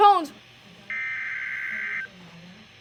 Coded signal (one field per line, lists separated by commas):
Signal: Emergency Alert System (SAME) tones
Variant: header bursts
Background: speech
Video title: COASTAL FLOOD WARNING ON WX! (EAS #6)